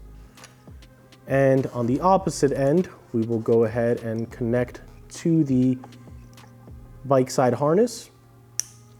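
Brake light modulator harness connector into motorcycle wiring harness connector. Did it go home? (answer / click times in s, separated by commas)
yes / 8.6 s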